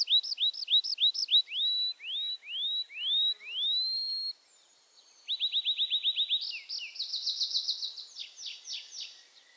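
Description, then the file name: Tree pipit song: a fast string of high notes, then slower rising drawn-out whistles, a short pause, then a rapid dry trill and buzzy repeated notes. "erdeipityer"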